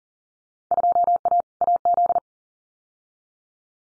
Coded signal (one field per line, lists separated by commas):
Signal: Morse code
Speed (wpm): 40 wpm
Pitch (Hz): 700 Hz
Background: none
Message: 2A AZ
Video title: Field Day Exchange 40wpm